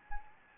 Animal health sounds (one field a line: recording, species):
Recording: mosquito wingbeat signal from an infrared sensor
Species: Anopheles gambiae